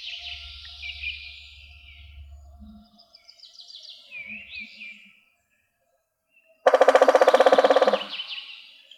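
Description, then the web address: Woodpecker drumming: a fast, even roll of loud broad knocks lasting just over a second and fading out, following high twittering bird calls and a low hum. Woodpeckers (Picidae), recorded 21 March 2015. "Vogelstimmen Spechte Picidae 20150321"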